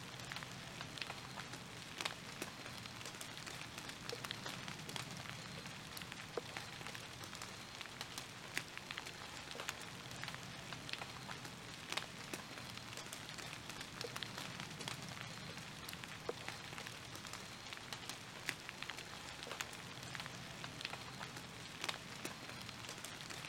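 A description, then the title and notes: Light rain patters steadily on brick, a dense hiss of fine drops broken by frequent sharp taps scattered throughout, with no thunder. Light Rain on Brick. Relaxing Falling Rain. No Thunder.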